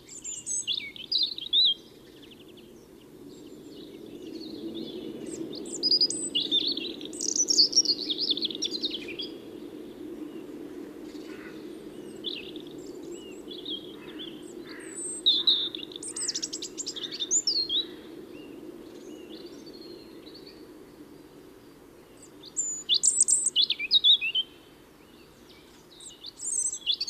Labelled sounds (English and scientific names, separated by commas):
European Robin (Erithacus rubecula) song